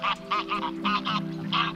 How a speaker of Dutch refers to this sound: En er komen gouden ganzen over. Ja, die hoor ik alleen.